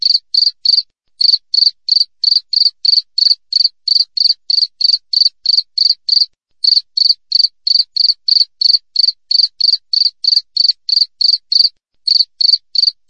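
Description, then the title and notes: Cricket song of steady, identical high-pitched chirps repeated rapidly, pausing briefly three times, on an otherwise quiet track. Clear natural cricket chirping with tight spacing, used as a tutor recording for training songbirds and for repelling rats. "Masteran Jangkrik Alam Jernih, Jeda Rapat Cocok Untuk Masteran Burung Dan Mengusir Tikus. suara jangkrik"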